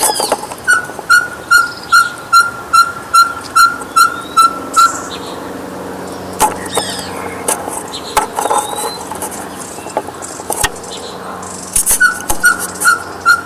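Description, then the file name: Ferruginous pygmy owl giving a long series of steady, hollow whistled toots, roughly two and a half per second, pausing and then starting again near the end, over a noisy background with clicks. "Glaucidium brasilianum"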